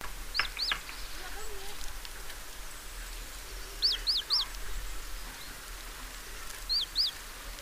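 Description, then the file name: Great tit calls: sharp, high chevron-shaped notes given in pairs and triplets, separated by pauses of a few seconds, over a steady hiss of background noise. "Parus major"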